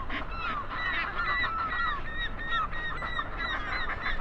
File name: Northern Fulmar